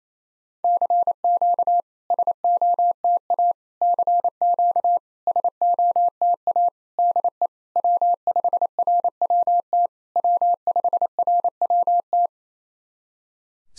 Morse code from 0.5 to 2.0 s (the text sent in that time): CQ